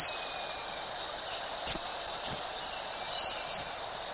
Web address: purple cheeked sunbird call